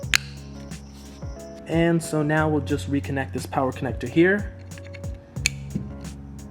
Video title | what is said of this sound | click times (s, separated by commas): Hyundai Elantra LED Interior How To Install - 6th Gen - 2015+ | a little bit of pressure until it snaps into place. | 0.1 s